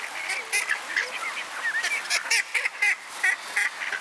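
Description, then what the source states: Ducks calling with short nasal quacks and a few drawn-out, bending notes, several birds overlapping over steady high-pitched chatter. Ducks at a pond (mlaka) in Borov gozdiček.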